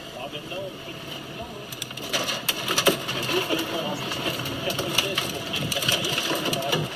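Freshly dredged volcanic rock crackles with a dense, irregular patter of sharp little snaps and pops over a steady background hiss, getting busier and louder after the first couple of seconds.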